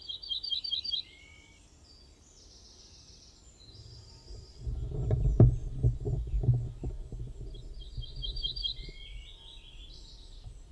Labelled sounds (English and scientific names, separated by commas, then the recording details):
Ortolan Bunting (Emberiza hortulana) song
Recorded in the wild
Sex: male
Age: adult
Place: Hamminkeln, OT Brünen, Nordrhein-Westfalen, DE
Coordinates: 51.7256, 6.68
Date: 1970-05-10
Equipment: Uher 4000 Report-S, Bändchenmikro Beyer M 260, Parabolspiegel Polyester (470 mm)
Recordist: Conrads, Klaus
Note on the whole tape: Männchen (Brünen 4): Gesang